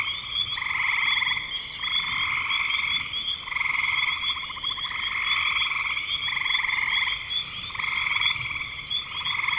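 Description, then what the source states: Frogs calling in a chorus of buzzy trills in waves that swell and fade every second or two, with faint higher chirps above. Frogs in spring 2025.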